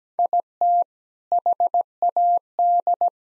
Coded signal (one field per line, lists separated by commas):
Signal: Morse code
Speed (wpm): 17 wpm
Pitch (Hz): 700 Hz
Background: none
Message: IT HAD